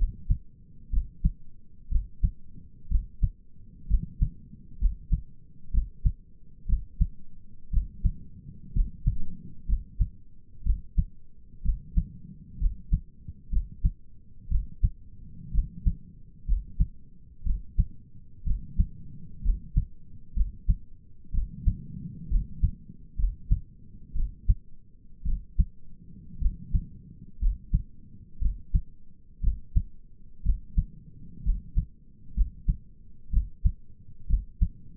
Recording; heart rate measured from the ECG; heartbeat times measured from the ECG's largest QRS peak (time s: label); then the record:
heart sounds by stethoscope; 61 bpm
0.92 s: heartbeat
1.91 s: heartbeat
2.91 s: heartbeat
3.90 s: heartbeat
4.80 s: heartbeat
5.73 s: heartbeat
6.68 s: heartbeat
7.73 s: heartbeat
8.75 s: heartbeat
9.68 s: heartbeat
10.65 s: heartbeat
11.64 s: heartbeat
12.60 s: heartbeat
13.52 s: heartbeat
14.51 s: heartbeat
15.54 s: heartbeat
16.47 s: heartbeat
17.45 s: heartbeat
18.46 s: heartbeat
19.44 s: heartbeat
20.36 s: heartbeat
21.34 s: heartbeat
22.31 s: heartbeat
23.18 s: heartbeat
24.15 s: heartbeat
25.26 s: heartbeat
26.41 s: heartbeat
27.41 s: heartbeat
28.41 s: heartbeat
29.43 s: heartbeat
30.45 s: heartbeat
31.45 s: heartbeat
32.36 s: heartbeat
33.32 s: heartbeat
34.29 s: heartbeat
From the record:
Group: healthy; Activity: rest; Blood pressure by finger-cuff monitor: 96/63 mmHg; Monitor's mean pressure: 75 mmHg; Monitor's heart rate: 61 bpm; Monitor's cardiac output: 5.4 L/min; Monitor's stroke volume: 88 mL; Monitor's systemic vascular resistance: 1020 dyn s/cm5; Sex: male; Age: 22 years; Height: 181 cm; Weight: 79 kg